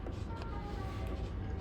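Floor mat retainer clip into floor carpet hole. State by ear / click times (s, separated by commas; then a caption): not seated / none. A plastic floor mat retainer clip is placed into the hole in the floor carpet of a 2011-16 Scion tC and lined up before being pushed down. Only a steady low background hum is heard, with no sharp sounds. Nothing has seated or clicked yet.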